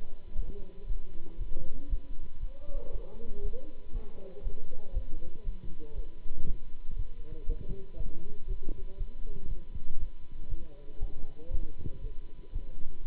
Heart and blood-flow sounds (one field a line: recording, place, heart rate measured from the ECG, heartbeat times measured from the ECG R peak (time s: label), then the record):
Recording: heart sounds by stethoscope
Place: between the tricuspid and mitral areas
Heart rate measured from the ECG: 118 bpm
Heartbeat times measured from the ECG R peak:
0.34 s: heartbeat
0.85 s: heartbeat
1.36 s: heartbeat
1.88 s: heartbeat
2.39 s: heartbeat
2.90 s: heartbeat
3.40 s: heartbeat
3.91 s: heartbeat
4.41 s: heartbeat
4.92 s: heartbeat
5.43 s: heartbeat
5.94 s: heartbeat
6.44 s: heartbeat
6.95 s: heartbeat
7.45 s: heartbeat
7.96 s: heartbeat
8.46 s: heartbeat
8.96 s: heartbeat
9.47 s: heartbeat
9.97 s: heartbeat
10.47 s: heartbeat
10.98 s: heartbeat
11.49 s: heartbeat
12.00 s: heartbeat
12.51 s: heartbeat
13.02 s: heartbeat
From the record:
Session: Bruce protocol treadmill stress test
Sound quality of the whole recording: good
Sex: male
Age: 26 years